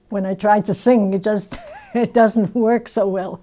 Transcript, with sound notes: When I try to sing you just ( she laughs ) it doesn't work so well.